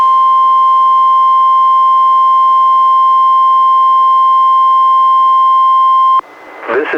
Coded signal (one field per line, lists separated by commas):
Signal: Emergency Alert System (SAME) tones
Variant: 1050 Hz attention tone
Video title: EAS #367-372: 6 NWR Required Weekly Tests- Jan. 22-Feb. 26, 2020